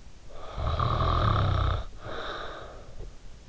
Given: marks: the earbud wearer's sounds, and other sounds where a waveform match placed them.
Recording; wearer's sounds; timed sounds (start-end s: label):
sounds in sleep by an in-ear microphone; snoring breath
0.20-3.49 s: snoring breath